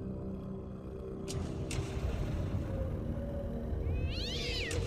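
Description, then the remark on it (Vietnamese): A pair of cats meow and yowl over a steady low rumble, with a couple of sharp clicks early on and a high, wavering, drawn-out yowl rising and falling near the end. “Phía của thầy Long, đôi mèo dường như đã thấm mệt.”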